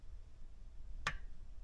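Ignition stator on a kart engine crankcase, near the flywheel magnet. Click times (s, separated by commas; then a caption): 1.1 s. On an IAME KA100 kart engine, the ignition stator, its bolts still loose, is pinched from underneath toward the crankcase until it pops free of the flywheel magnet's pull so it can be positioned for ignition timing. A single short, sharp pop sounds at 1.1 s over low background noise. The stator is released from the magnet.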